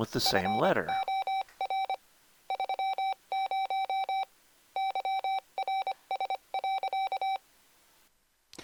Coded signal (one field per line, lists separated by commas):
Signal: Morse code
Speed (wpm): 25 wpm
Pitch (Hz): 770 Hz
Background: speech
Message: FOR 30 YRS.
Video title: Mr. Rags Macro Keyer - Pt. 4 - Recording Soft Macros